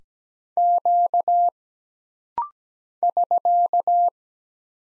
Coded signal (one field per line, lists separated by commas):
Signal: Morse code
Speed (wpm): 17 wpm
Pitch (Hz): 700 Hz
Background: none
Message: Q <SK>